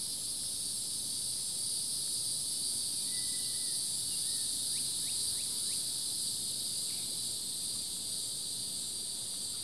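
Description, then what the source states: Insect chorus with a constant high shrill drone, plus a short whistle and then a handful of brief faint chirps. Summer chorus.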